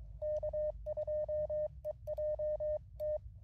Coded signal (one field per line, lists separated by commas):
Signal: Morse code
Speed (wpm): 23 wpm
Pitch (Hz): 610 Hz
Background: none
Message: K2EJT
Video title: QRP CW POTA at K-5221 with the MTR-4B and lousy band conditions